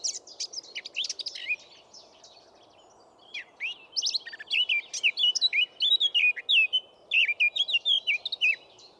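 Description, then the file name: Eurasian blackcap song: soft chattering notes building into a livelier run of whistled, looping slurs, with light background hum. "Sylvia atricapilla"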